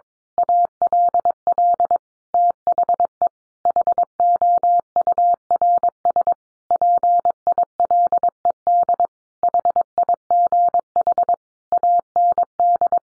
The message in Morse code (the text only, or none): ALL THE HOURS PILED HIGH AND